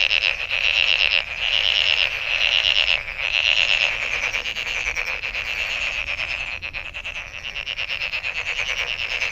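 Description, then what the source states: Frogs in full chorus; loud pulsed croaking bursts in the first four seconds, then a steadier, quieter pulsed rattle. Recorded 23 May 2008.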